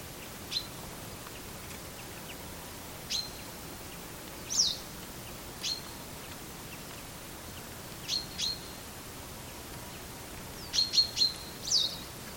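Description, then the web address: Bird calls: brief high ticks and chips scattered every few seconds, two sharp downward-sweeping notes, and a quick cluster of three chips near the end. "Deverinetal 2025 File origin Bird Only"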